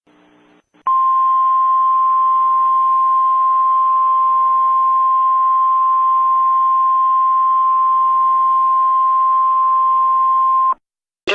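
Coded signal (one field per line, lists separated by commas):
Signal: Emergency Alert System (SAME) tones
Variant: 1050 Hz attention tone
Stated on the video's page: EAS tones for a severe thunderstorm watch.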